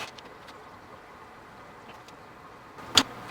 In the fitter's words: There's our click.